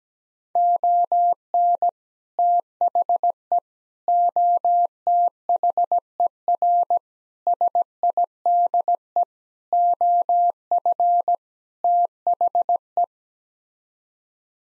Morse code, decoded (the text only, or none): ON THE OTHER SIDE OF THE